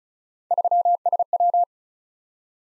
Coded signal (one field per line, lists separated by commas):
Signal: Morse code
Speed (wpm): 36 wpm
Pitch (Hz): 700 Hz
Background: none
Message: 3SW